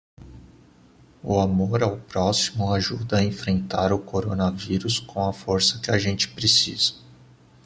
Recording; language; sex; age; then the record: spoken sentence; Brazilian Portuguese; male; 30 to 39 years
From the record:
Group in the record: control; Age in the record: 34 years